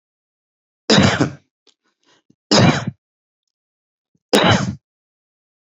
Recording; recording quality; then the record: heavy voluntary cough; excellent, no background noise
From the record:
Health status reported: healthy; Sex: male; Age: 52 years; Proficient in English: yes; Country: India